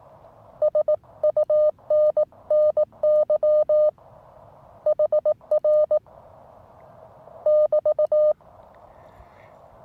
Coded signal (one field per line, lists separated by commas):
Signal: Morse code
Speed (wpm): 18 wpm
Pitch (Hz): 610 Hz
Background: none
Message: SUNNY HR <BT>